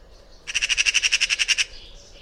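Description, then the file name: Eurasian magpie chatter call: a dry, harsh rattle of about twelve rapid, evenly spaced notes lasting just over a second, with a quiet background. "Pica pica"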